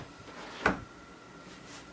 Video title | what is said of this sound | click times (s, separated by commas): DIY Vocal Booth Build – Start to Finish ($1561 Budget) | not a click just yet. | none